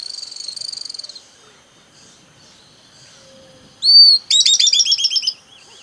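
Bird calls: a rapid buzzy trill of high chirps, then a pause, then a sharp high whistled note and a fast burst of repeated chirps.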